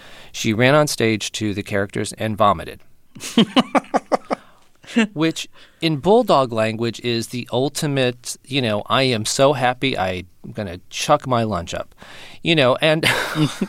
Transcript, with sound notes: she ran onstage to the characters and vomited.
(LAUGHTER)
Which in bulldog language is the ultimate, you know, I am so happy I'm going to chuck my lunch up. You know,